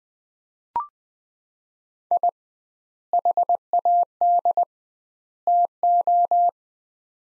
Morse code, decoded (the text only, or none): I HAD TO